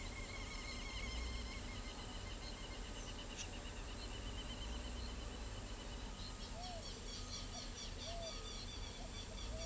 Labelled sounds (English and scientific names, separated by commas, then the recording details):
Southern Lapwing (Vanellus chilensis), Pale-vented Pigeon (Patagioenas cayennensis)
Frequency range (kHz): Southern Lapwing (Vanellus chilensis) 1.8-6.6 kHz; Pale-vented Pigeon (Patagioenas cayennensis) 0.3-0.9 kHz
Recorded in pastures near Pivijay, Magdalena, Colombia, on 2 June 2023 at 07:30
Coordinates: 10.456, -74.369
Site P6-G026